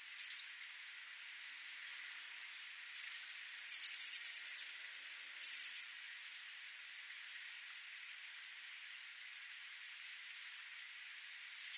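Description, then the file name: Great tit giving dry, buzzy rattles: two distinct bursts midway, with fainter rattles at the start and end. "Parus major"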